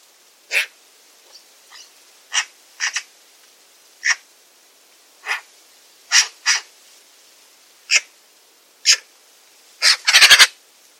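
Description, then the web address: Bird repeating short, bright call notes, single and paired, with softer faint notes between, ending in a rapid rattling cluster. "cianscape birddata Deverinetal 2025"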